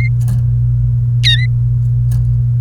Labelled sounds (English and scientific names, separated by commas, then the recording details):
Domestic Canary (Serinus canaria) song
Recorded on 28 April 2018 at 11:18
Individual llb3